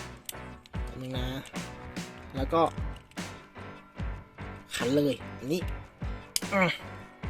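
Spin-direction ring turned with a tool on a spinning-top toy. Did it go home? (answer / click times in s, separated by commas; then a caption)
no / none. Someone talks over background music while using the included turning tool to twist the plastic spin-direction ring on a Beyblade Burst Astral Hello Kitty Over Revolve'-0 spinning-top toy, with a few short handling taps and scrapes. Nothing has clicked or seated yet; the switch to left-spin mode has not happened by the end.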